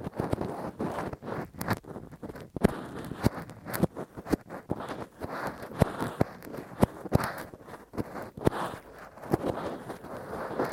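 Rough, deep ear cleaning with a Q-tip and ear pick: a dense scratchy rubbing that keeps going, broken by sharp crackling clicks and pops every half second or so. The scraping swells and eases in uneven strokes, with a low muffled rumble underneath.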